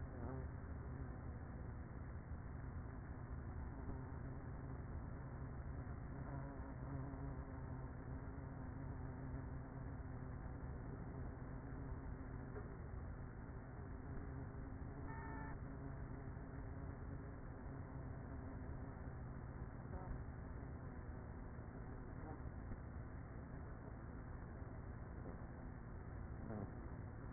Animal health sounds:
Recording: honeybee colony, microphone inside the hive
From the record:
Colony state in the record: queenless with a low population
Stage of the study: after two queens were removed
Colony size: about 30,000 bees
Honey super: no

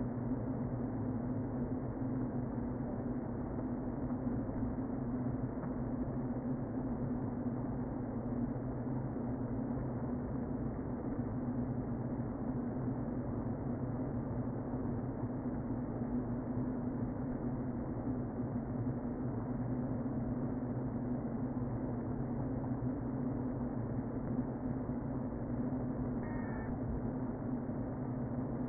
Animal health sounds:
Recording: honeybee colony, microphone inside the hive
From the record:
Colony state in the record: queen present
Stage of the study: before two queens were removed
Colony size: about 60,000 bees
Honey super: yes

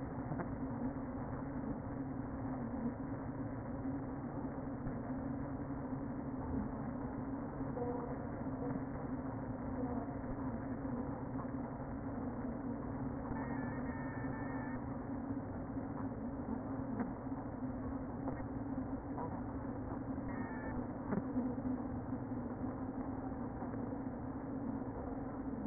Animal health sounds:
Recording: honeybee colony, microphone inside the hive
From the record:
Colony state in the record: queen present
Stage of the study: before two queens were removed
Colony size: about 60,000 bees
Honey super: yes

